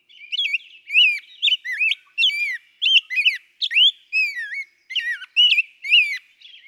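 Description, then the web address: Rose-breasted Grosbeak song: a long, flowing run of mellow, robin-like whistled notes that rise and fall, with short gaps between the phrases. "birdsongforthecurious. Rose-breasted Grosbeak"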